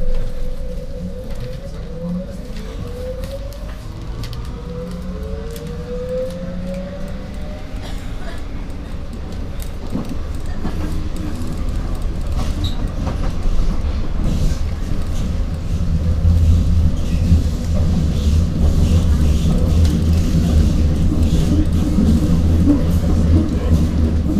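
An underground train rumbles steadily, with rising and falling motor whines early on, then a louder, rougher roar building after fifteen seconds, voices faint beneath.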